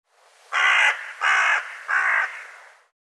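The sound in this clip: Bird uttering three loud, raspy caws spaced roughly evenly over two seconds.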